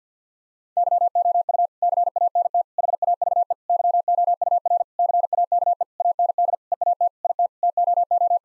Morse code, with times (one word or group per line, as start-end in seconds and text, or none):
0.8-1.7 YOU
1.8-2.6 CANT
2.8-3.5 HAVE
3.7-4.8 YOUR
5.0-5.8 CAKE
6.0-6.6 AND
6.7-7.1 EAT
7.2-7.5 IT
7.6-8.4 TOO